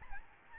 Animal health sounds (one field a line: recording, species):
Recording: mosquito wingbeat signal from an infrared sensor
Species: Aedes albopictus